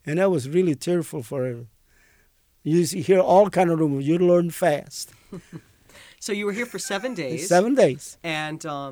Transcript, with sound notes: And that was really terrible for them, you'd hear all kind of rumors. You'd learn fast. ( they laugh )
So you were here for seven days.
Seven days.
And